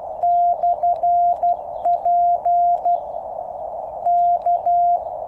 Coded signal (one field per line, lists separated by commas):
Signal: Morse code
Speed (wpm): 12 wpm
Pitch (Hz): 700 Hz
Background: none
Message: /P K